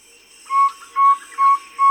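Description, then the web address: White-spotted flufftail hooting call: pure, level whistled hoots on one steady pitch, about two per second, four notes in under two seconds. Recorded in Uganda. "Uganda Mp 3 white-spotted-flufftail"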